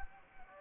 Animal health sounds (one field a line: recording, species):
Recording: mosquito wingbeat signal from an infrared sensor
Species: Anopheles gambiae